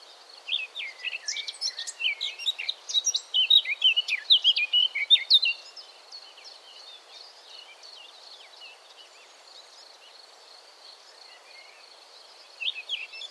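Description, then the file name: Eurasian blackcap delivering a lively, five-second warble of mixed scratchy and fluty notes, then quiet apart from a brief final phrase. "Sylvia atricapilla"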